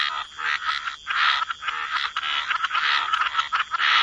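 Frog chorus, a steady mass of croaks and trills with a few brief quieter gaps between swells.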